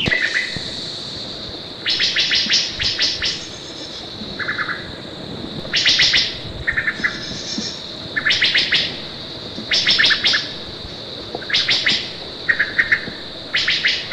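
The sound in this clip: Wood thrush singing, several short fluted phrases and bright buzzy trills, over a constant high drone.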